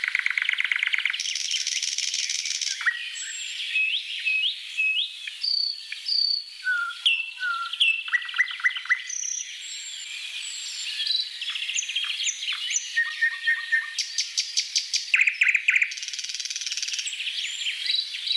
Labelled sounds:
Thrush Nightingale (Luscinia luscinia) song

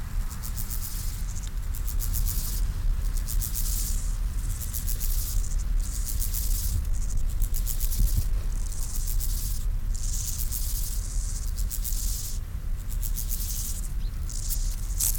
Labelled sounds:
Steppe Grasshopper (Chorthippus dorsatus) stridulation

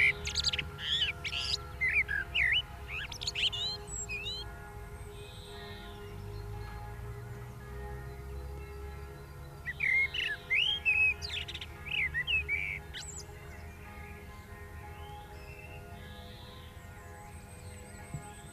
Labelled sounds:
Common Blackbird (Turdus merula) song

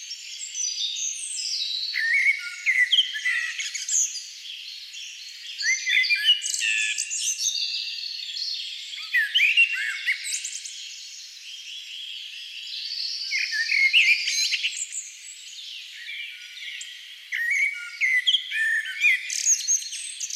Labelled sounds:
Common Blackbird (Turdus merula) song

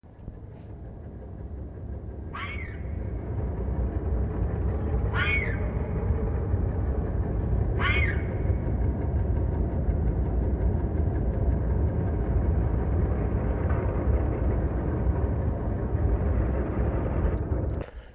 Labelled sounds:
Corsac Fox (Vulpes corsac) barking

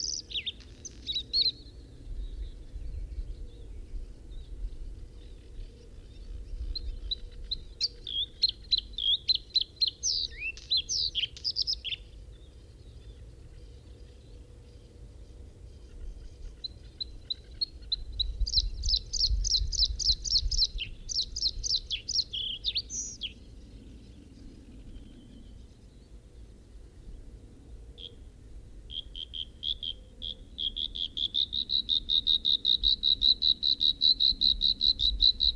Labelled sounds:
Bluethroat (Luscinia svecica) song

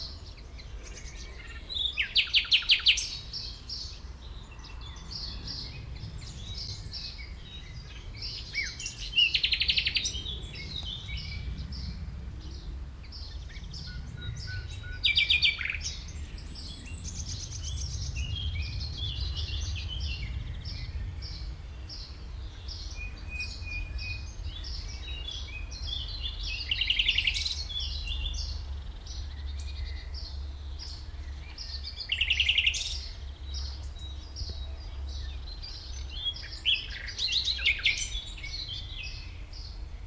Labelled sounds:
Common Nightingale (Luscinia megarhynchos) song

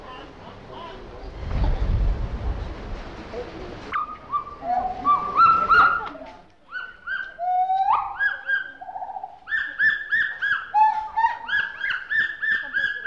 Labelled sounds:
Pileated Gibbon (Hylobates pileatus)

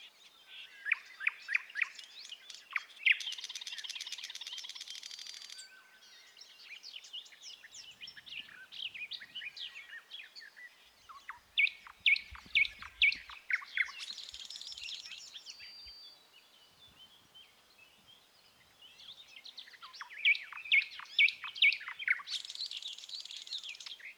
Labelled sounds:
Thrush Nightingale (Luscinia luscinia) song

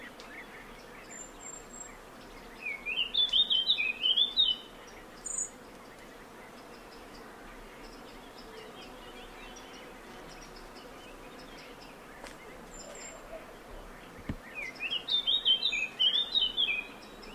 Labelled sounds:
Eurasian Blackcap (Sylvia atricapilla) song

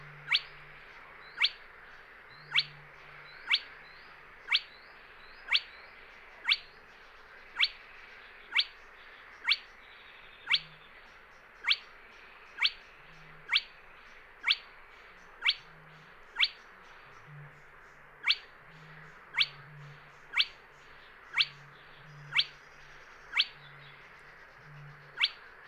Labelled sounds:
Spotted Crake (Porzana porzana)

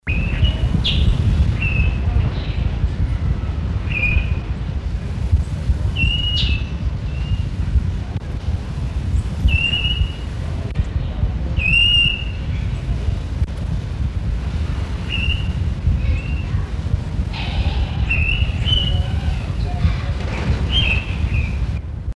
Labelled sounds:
Blue-naped Mousebird (Urocolius macrourus) call

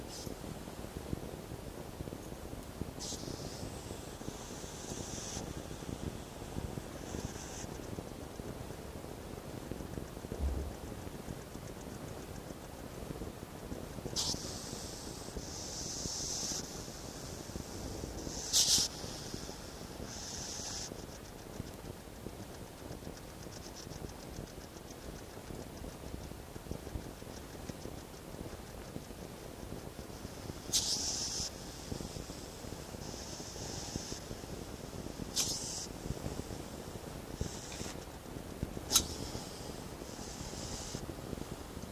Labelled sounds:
West European Hedgehog (Erinaceus europaeus) defence call

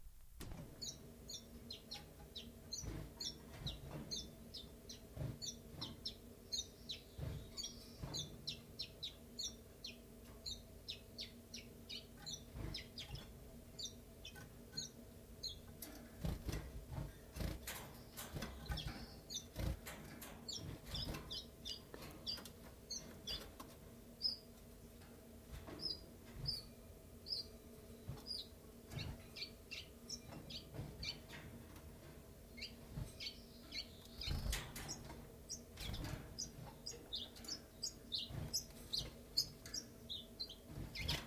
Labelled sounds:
Common Chiffchaff (Phylloscopus collybita)

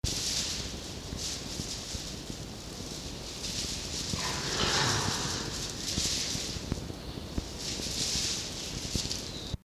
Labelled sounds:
Red Fox (Vulpes vulpes)

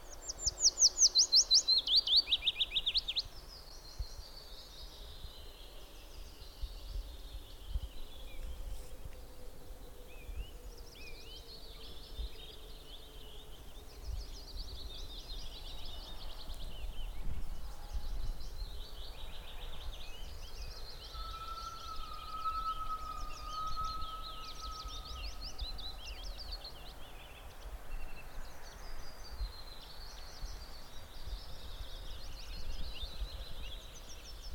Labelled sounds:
Willow Warbler (Phylloscopus trochilus)

